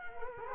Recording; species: mosquito wingbeat signal from an infrared sensor; Culex quinquefasciatus